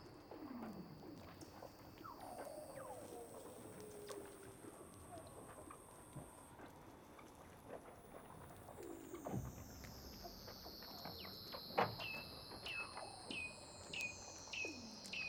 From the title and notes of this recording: Douglas Quin - Weddell Seals (Underwater).